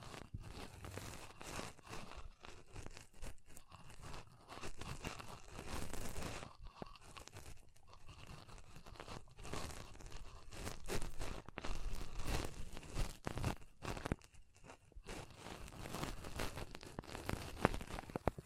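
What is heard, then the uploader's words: Pom poms are rustled and squeezed in a dense, crackly crinkling that comes in uneven bursts, with brief quieter pauses around 7 and 14 seconds. The texture is bright and papery with a soft low rumble underneath, growing busier toward the end. ASMR Ultimate Pom Pom Tingles (No Talking).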